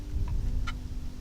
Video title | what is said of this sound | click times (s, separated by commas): Shooting the Paddle Butt Wheellock Carbine from Rifle Shoppe Castings | until we hear a click | 0.3 s